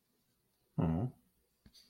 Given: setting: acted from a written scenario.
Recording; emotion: vocal sound without words; adoration